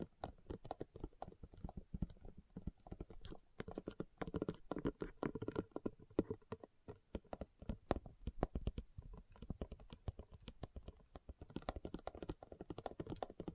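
Leather is tapped and scratched in a fast, irregular run of short dry knocks and rubs that continues without pause for the whole clip. The hits cluster densely, with a slightly heavier burst around four to five seconds and a brief thinning near eleven.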